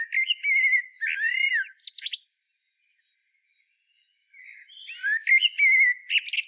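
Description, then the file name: Common blackbird song: rich, warbling fluty whistles with high squeaky flourishes, a pause of about two seconds, then another loud melodious phrase. "Turdus merula"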